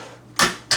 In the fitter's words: Okay, so those will make a little clicking noise, and we're good there.